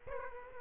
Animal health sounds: mosquito wingbeat signal from an infrared sensor; Aedes aegypti

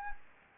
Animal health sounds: mosquito wingbeat signal from an infrared sensor; Anopheles gambiae

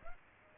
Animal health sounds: mosquito wingbeat signal from an infrared sensor; Aedes aegypti

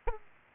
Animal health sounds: mosquito wingbeat signal from an infrared sensor; Aedes albopictus

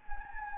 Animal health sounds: mosquito wingbeat signal from an infrared sensor; Anopheles gambiae

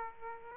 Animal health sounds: mosquito wingbeat signal from an infrared sensor; Aedes aegypti

